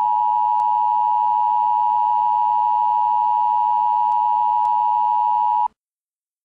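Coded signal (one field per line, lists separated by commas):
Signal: Emergency Alert System (SAME) tones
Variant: 853 and 960 Hz attention tone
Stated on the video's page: Fictional EAS scenario of a nuclear attack.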